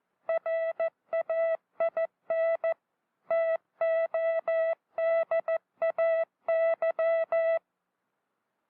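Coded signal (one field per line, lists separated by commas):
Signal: Morse code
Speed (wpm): 14 wpm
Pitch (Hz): 660 Hz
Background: music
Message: RAIN TODAY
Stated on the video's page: Morse code training from a 1966 US Army film.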